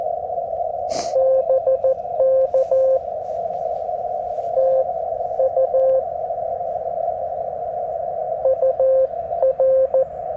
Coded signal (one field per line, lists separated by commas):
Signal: Morse code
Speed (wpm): 14 wpm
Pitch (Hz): 530 Hz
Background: radio noise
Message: BK TU UR